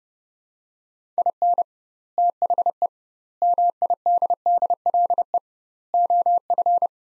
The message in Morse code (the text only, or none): IN THE MIDDLE OF